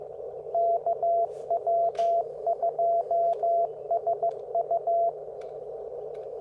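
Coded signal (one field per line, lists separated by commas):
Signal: Morse code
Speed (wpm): 15 wpm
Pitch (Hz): 680 Hz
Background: radio noise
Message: KW2SU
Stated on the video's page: Simulated CW exchanges with Morse Walker practice software, focused on the Parks on the Air exchange format.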